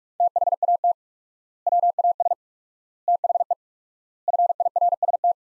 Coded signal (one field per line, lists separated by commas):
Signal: Morse code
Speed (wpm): 46 wpm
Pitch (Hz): 700 Hz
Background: none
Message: THAT WAS THE FIRST